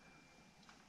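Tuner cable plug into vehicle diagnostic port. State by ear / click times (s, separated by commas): not seated / none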